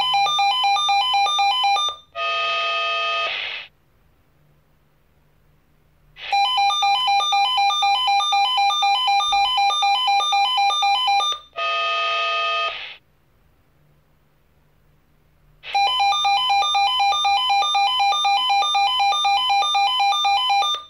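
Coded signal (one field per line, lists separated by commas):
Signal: pager alert tone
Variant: Swissphone Quattro XLSi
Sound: rapid alternating two-pitch electronic beeping in long bursts, broken by short hissing noise bursts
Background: room ambience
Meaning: Monthly test alarm of a fire brigade pager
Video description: Monatliche Funktionsprobe eines analogen Swissphone Quattro XLSi Funkmeldeempfängers mit Alarmschaltung. Der Melder löst insgesamt 6 Schleifen mit Doppelton aus (Sirenenschleifen).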